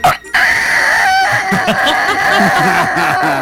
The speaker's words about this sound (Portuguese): E tem também aqui barulho de galo carquerejando.